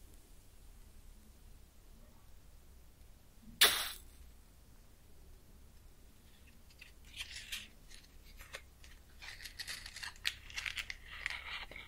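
A match is struck with one sharp, bright scrape just before four seconds, then fades. After a quiet stretch, small crackles and sizzles begin around seven seconds and grow denser and more irregular toward the end, over a faint low hum.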